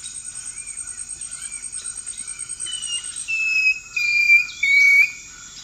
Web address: ENTER Music and Audio. Nature Songs S America Eastern Lowlands. Deconychura longicauda, song